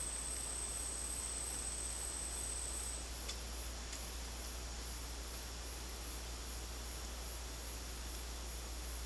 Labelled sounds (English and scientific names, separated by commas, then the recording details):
none
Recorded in dense forest near Puerto Asís, Putumayo, Colombia, on 8 March 2025 at 13:00
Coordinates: 0.503, -76.323
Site GP09